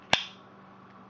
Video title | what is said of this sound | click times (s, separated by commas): Making a Knife Part 12 | good snap and but I can take it off uh just with some thumb pressure there | 0.1 s